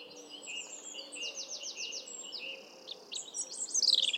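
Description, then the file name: European robin song: high, thin whistles and quick repeated chirping notes, ending in a louder tumbling trill, over a steady hiss of background noise. "Erithacus rubecula"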